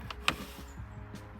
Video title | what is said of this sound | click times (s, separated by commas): CINCINNATI DAD: Vacation Is Over, Time To Fix The Audi TT Seat Heater Buttons! | you can hear that thing click up when i do that | 0.3 s